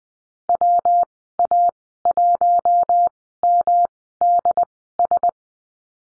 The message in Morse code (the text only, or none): WA1MDS